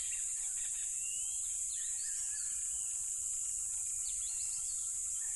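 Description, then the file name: Crickets keep up a dense, high trilling drone while birds call with short whistles and slurred notes. Loud crickets beside a tropical river. "smartsound ATMO NATURE Tropical River Loud Crickets"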